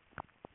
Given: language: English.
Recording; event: throat vibration sensor signal played as sound; swallow